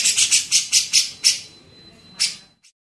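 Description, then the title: Grey-cheeked bulbul giving about seven rasping notes in quick succession, then a thin steady tone and a final harsh note. Masteran tutoring song for training songbirds. "MASTERAN CUCAK JENGGOT"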